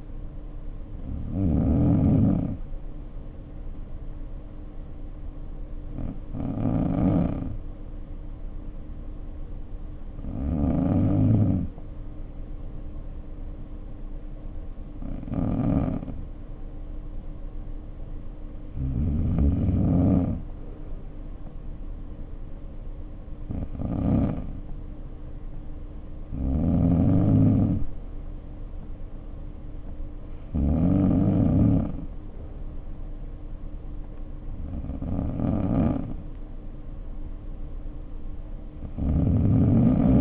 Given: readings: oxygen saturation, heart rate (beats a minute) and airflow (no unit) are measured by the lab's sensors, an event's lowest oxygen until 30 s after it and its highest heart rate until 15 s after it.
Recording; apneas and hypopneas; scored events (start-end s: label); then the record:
breathing in sleep by a smartphone at the bedside; 1
5.00-23.20 s: hypopnea (N2, oxygen 94% highest, then 91% lowest, heart rate 50 at the start, 56 highest)
From the record:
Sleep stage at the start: N2 (light sleep); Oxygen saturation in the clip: 91 to 94%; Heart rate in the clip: 50 to 56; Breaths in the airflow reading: 9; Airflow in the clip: -4.8 to 4.6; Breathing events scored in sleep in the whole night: 520 in 7.2 hours asleep